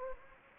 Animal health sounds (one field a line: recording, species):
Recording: mosquito wingbeat signal from an infrared sensor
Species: Anopheles gambiae